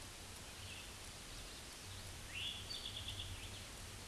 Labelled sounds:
Eastern Towhee song
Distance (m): 65 m
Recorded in a Pennsylvania forest on 17 May 2023 at 13:57
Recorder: AudioMoth, point grid1_30_low
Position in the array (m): 136 m, 116 m

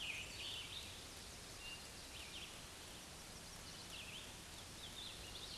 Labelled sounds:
Black-and-white Warbler song
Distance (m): 15 m
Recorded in a Pennsylvania forest on 19 May 2023 at 11:27
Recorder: AudioMoth, point grid1_5_low
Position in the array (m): 17 m, 79 m

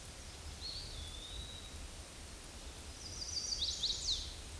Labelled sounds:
Eastern Wood-Pewee song
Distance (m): 25 m
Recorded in a Pennsylvania forest on 18 May 2023 at 06:20
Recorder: AudioMoth, point grid1_19_low
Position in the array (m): 74 m, 199 m

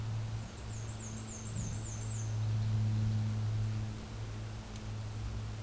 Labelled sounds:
Black-and-white Warbler song
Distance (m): 35 m
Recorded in a Pennsylvania forest on 17 May 2023 at 14:19
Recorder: AudioMoth, point grid1_37_low
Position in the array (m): 54 m, 210 m

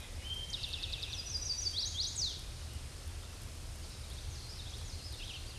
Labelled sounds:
Chestnut-sided Warbler song
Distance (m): 30 m
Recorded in a Pennsylvania forest on 18 May 2023 at 06:26
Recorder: AudioMoth, point grid1_19_low
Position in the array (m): 128 m, 215 m

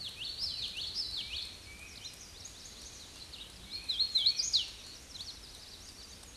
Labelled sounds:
Hooded Warbler song
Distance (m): 15 m
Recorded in a Pennsylvania forest on 18 May 2023 at 08:51
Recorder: AudioMoth, point grid1_35_low
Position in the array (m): 153 m, 127 m

